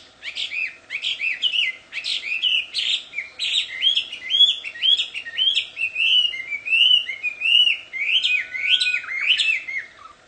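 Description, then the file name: Chinese hwamei song: a long, continuous run of varied whistled phrases, each note sliding and bending, delivered at a steady, rapid pace. Wild bird, singing in its natural habitat. "audio kicauan burung hwamei di alam liar. omkicau"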